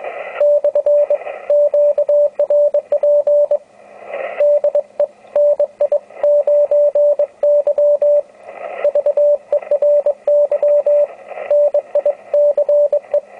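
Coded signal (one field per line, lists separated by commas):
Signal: Morse code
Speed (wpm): 23 wpm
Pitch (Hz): 590 Hz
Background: radio noise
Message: / QRP DE NI9Y VERY NICE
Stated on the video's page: 250 mW QRP CW from a two-transistor crystal-controlled transmitter keyed on its power input, received on an ICOM 703.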